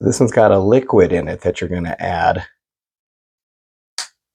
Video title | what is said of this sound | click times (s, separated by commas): Mini Verse Jurassic World Dinosaurs | Okay, it just snaps in place. That's neat. | 4.0 s